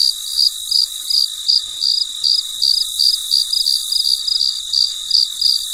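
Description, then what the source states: Cricket chirps, high and ringing, repeated almost three times a second over a continuous insect buzz. Recorded late at night, described as very quiet.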